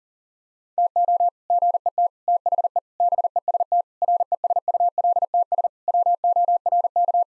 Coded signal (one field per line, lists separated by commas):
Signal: Morse code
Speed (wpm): 37 wpm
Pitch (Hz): 700 Hz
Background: none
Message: TO GET THE BEST RESULTS WORK